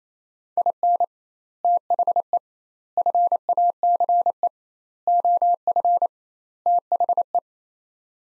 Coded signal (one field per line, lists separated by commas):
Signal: Morse code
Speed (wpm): 27 wpm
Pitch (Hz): 700 Hz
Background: none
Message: IN THE FACE OF THE